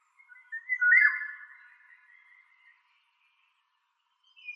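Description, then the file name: Eurasian golden oriole song: one short fluty whistled phrase that swoops and wavers near its peak, then fades into silence with a faint note at the end. "Rigogolo"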